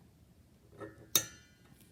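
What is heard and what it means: A hookah hose adapter is pushed into the hookah stem's click-system port. A soft scraping rub is followed by one sharp, bright click at 1.2 s that rings briefly. The adapter is seated and locked in.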